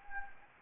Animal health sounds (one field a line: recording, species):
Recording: mosquito wingbeat signal from an infrared sensor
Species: Anopheles gambiae